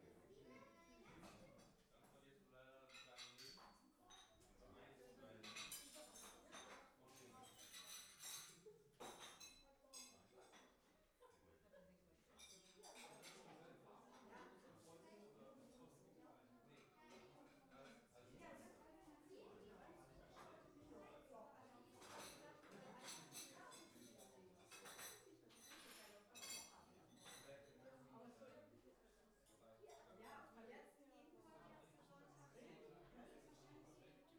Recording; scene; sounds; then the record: everyday scene through a hearing-aid microphone; many people talking; many voices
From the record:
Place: parish hall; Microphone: behind the ear, right, rear